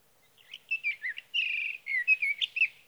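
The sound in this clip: Sage thrasher song, a long tumbling series of warbled and buzzy slurred notes, some held briefly, delivered without a break for over two seconds.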